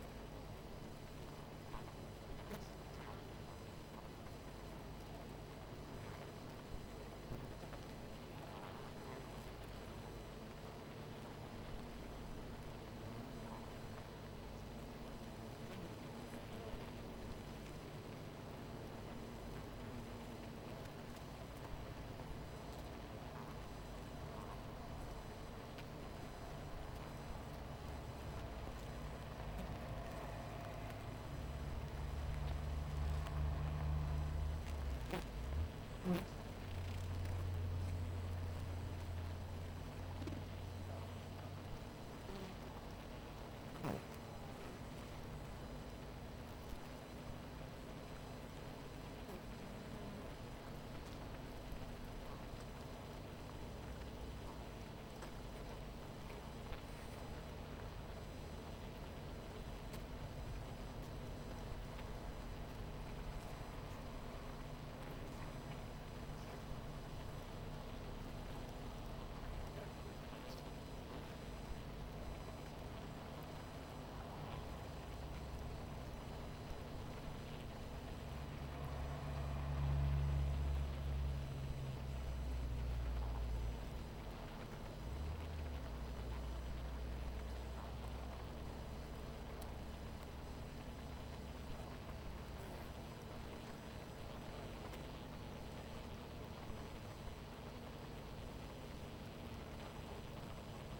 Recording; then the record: honeybee colony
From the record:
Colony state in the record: missing queen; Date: 14 July 2017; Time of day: 18:57